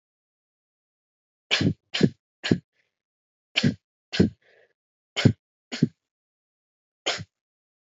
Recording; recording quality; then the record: shallow voluntary cough; moderate, slight background noise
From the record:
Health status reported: COVID-19 positive, mild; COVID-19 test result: positive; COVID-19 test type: rapid antigen test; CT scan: not taken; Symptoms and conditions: cough, cold, breathing difficulty, sore throat, fever, fatigue, muscle pain, diarrhoea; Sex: female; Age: 21 years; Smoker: no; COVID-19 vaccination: both doses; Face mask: not worn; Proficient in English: yes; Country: India